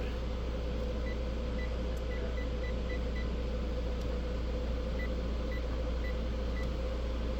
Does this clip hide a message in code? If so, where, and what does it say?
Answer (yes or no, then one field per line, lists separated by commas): no